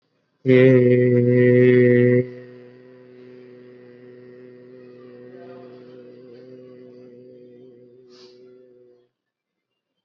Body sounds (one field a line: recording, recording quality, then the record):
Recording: sustained vowel as in made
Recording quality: excellent, no background noise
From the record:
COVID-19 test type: RT-PCR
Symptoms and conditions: cough, sore throat, fever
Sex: male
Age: 20 years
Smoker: no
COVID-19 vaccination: both doses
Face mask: worn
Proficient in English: yes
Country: India